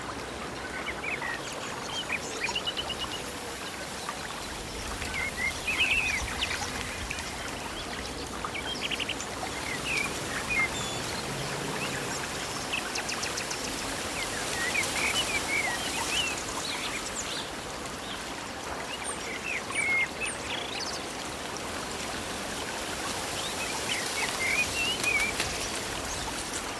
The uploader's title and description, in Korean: 흐르는 물, 나뭇잎, 그리고 새들. 부드러운 나뭇잎 소리, 즐거운 새소리, 그리고 조용한 시냇물 소리